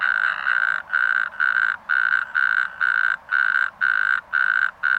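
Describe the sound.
Natterjack toad, churring rattles in regular bursts roughly twice a second, loud and rasping, nothing else clearly audible.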